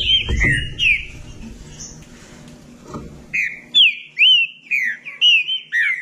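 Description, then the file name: Green-winged saltator song: a few whistled slurs, a brief pause, then a fast, bright series of looping whistled notes in the second half. "canto do trinca ferro"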